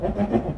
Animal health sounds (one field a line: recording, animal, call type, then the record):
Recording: contact call of a hoofed animal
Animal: goat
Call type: low-frequency (closed-mouth) or high-frequency (open-mouth) call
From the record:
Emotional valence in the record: positive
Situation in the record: food anticipation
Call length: 0.58 s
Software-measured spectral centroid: 990 Hz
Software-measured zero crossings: 810 a second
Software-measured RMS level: -24 dBFS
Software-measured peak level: -9 dBFS